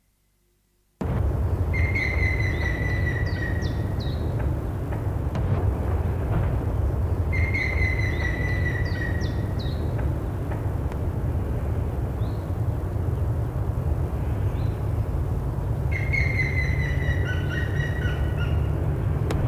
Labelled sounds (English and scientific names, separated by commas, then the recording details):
Grey-headed Woodpecker (Picus canus)
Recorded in the wild
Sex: male
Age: adult
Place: Bielefeld-Gadderbaum, Teutoburger Wald, Nordrhein-Westfalen, DE
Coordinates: 52.0183, 8.51556
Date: 1964-04-27
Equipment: Uher 4000 Report-S, Bändchenmikro Beyer M 260, Parabolspiegel Polyester (470 mm)
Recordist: Conrads, Klaus